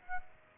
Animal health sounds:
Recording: mosquito wingbeat signal from an infrared sensor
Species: Aedes aegypti

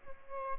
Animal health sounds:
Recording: mosquito wingbeat signal from an infrared sensor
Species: Aedes albopictus

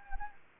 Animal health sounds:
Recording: mosquito wingbeat signal from an infrared sensor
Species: Anopheles gambiae

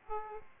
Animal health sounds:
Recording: mosquito wingbeat signal from an infrared sensor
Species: Aedes aegypti

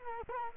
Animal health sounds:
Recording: mosquito wingbeat signal from an infrared sensor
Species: Culex quinquefasciatus

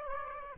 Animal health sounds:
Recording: mosquito wingbeat signal from an infrared sensor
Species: Aedes aegypti

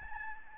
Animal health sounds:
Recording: mosquito wingbeat signal from an infrared sensor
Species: Aedes albopictus

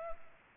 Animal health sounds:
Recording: mosquito wingbeat signal from an infrared sensor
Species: Culex pipiens

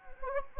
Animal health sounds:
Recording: mosquito wingbeat signal from an infrared sensor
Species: Anopheles gambiae

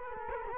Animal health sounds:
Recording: mosquito wingbeat signal from an infrared sensor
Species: Culex quinquefasciatus

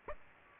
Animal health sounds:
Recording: mosquito wingbeat signal from an infrared sensor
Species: Aedes aegypti

